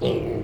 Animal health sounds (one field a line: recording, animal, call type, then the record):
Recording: contact call of a hoofed animal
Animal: pig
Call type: closed-mouth grunt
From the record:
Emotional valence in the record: negative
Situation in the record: short social isolation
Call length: 0.44 s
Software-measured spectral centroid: 1480 Hz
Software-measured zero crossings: 940 a second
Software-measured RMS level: -24 dBFS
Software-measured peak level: -10 dBFS